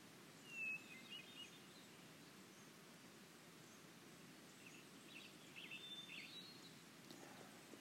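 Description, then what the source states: Hermit Thrush song, faint: two brief whistled phrases several seconds apart over steady background noise. Solitary individual singing high in a tree 200-300 m away, near Heartbreak Meadow, Northeast Oregon, montane conifer forest about 1,450 m, July 8, about 10 a.m., cloudy, cool; local population steeply declined.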